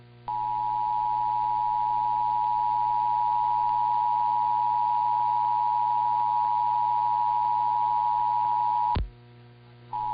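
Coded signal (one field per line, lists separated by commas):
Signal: Emergency Alert System (SAME) tones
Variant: 853 and 960 Hz attention tone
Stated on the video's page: EAS tones of San Diego's Required Monthly Test on KOGO.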